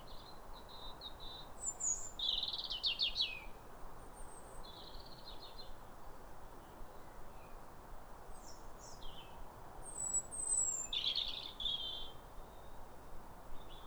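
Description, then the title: European robin song in separate high, tinkling phrases with rapid trilled notes, pauses between bursts, steady background hiss throughout. Pair of robins in neighbouring gardens singing as if duetting, clear calm rosy sunrise after weeks of rain, New Year, winter, welcoming the early sun. "Sound Escape 150: Be uplifted by a chorus of New Year's robins"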